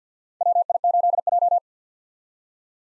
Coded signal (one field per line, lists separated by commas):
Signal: Morse code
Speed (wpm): 50 wpm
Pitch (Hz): 700 Hz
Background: none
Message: WI8J